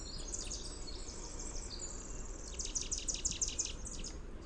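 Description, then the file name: Chestnut-backed chickadee gargle, scattered high notes at first, then a quick even run of several piercing notes, with a low hiss behind. "CBCH gargle"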